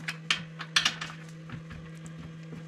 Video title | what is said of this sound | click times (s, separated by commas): Off Grid At My Cabin Comes With D,I,Y, 277cc Engine Firewood Machine Must Run, "REVIEW" S3,E112 | Oh, you hear the clunk. | 0.3 s, 0.8 s